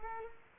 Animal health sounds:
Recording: mosquito wingbeat signal from an infrared sensor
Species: Culex quinquefasciatus

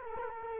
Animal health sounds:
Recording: mosquito wingbeat signal from an infrared sensor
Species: Culex quinquefasciatus

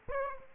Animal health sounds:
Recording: mosquito wingbeat signal from an infrared sensor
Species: Aedes aegypti

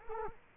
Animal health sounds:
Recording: mosquito wingbeat signal from an infrared sensor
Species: Culex quinquefasciatus

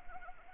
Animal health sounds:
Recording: mosquito wingbeat signal from an infrared sensor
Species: Anopheles arabiensis

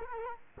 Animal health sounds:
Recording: mosquito wingbeat signal from an infrared sensor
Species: Culex quinquefasciatus

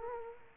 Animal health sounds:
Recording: mosquito wingbeat signal from an infrared sensor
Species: Culex quinquefasciatus

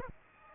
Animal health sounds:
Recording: mosquito wingbeat signal from an infrared sensor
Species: Aedes aegypti

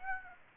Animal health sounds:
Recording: mosquito wingbeat signal from an infrared sensor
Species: Aedes aegypti

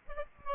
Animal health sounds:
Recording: mosquito wingbeat signal from an infrared sensor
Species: Aedes albopictus

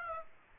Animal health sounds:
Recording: mosquito wingbeat signal from an infrared sensor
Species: Aedes aegypti

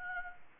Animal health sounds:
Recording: mosquito wingbeat signal from an infrared sensor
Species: Anopheles gambiae

